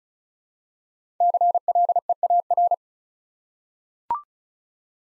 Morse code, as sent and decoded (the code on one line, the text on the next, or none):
-.-. .-.. . .- .-.
CLEAR